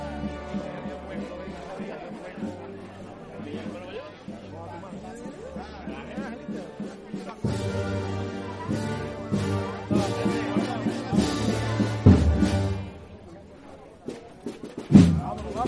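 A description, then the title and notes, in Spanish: The paso of María Santísima de Salud y Esperanza moves through the San Benito neighborhood, with voices murmuring over a low, pulsing hum. Around the eighth second, fuller, louder sustained tones with bright hits take over, and a sharp loud burst comes near the end. Sonidos del trasncurrir del paso de María Santísima de Salud y Esperanza por el barrio de San Benito en su regreso tras haber participado del Vía Lucis Mariano. Acompaña la Banda de Música Nuestra Señora del Carmen de Salteras.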